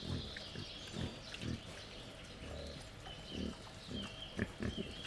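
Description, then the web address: Low, rough wild boar grunts come in uneven clusters throughout, while small birds chirp and whistle in the background. Wild boar at a laid-out feeding table in Jászberény Zoo, 1 May 2015. "allathangok jaszberenyizoo 2015 professzionalis vaddiszno teritettasztal c 05 01"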